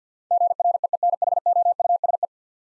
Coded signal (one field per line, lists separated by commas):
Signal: Morse code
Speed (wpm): 52 wpm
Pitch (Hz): 700 Hz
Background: none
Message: GREENHOUSE